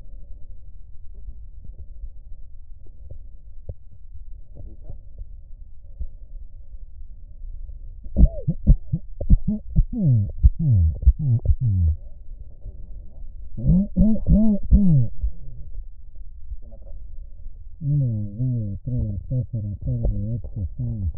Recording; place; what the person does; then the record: lung sounds by stethoscope; right posterior apical chest; quiet breathing, then cough and speech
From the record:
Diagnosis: none (healthy); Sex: male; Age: 60 years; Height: 190 cm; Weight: 150 kg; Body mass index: 41.6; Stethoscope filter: extended mode